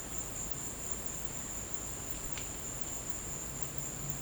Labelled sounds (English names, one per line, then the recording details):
none
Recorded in dense forest near Puerto Asís, Putumayo, Colombia, on 22 December 2024 at 15:00
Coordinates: 0.484, -76.317
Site G026